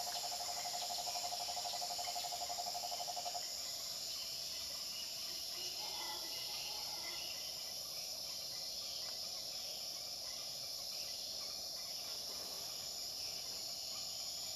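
A jungle field recording filled with a dense, steady wall of high insect and cricket chirring that runs the whole length. A buzzing, pulsed call sits in the middle range for the first three seconds, then stops; faint bird-like notes surface around six and twelve seconds.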